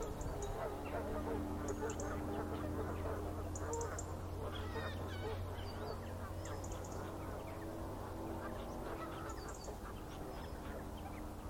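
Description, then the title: Goose: geese honking in a busy flock, many overlapping harsh calls over a steady low rumble throughout. Flock of geese in fields by the River Thame, England, UK, morning of 23 September 2023, excited by floodwater across the meadows. "Gaggles of geese, River Thame, England, UK on 23rd September 2023"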